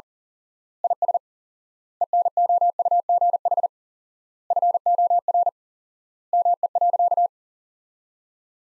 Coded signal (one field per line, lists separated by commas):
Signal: Morse code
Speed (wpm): 40 wpm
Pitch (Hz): 700 Hz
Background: none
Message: IS ENOUGH FOR ME.